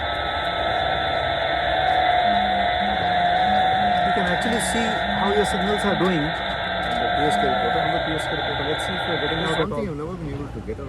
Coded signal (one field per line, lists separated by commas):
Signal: FT8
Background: speech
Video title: Lamakaan Annual Radio Convention #6 - Field Operations Rig: VU2UCR/VU2TLI